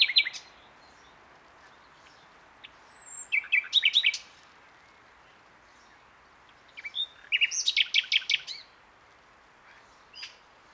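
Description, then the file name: Common nightingale song: phrases of rapid clicking, rattling notes with short whistles, separated by several seconds of quiet. "Luscinia megarhynchos"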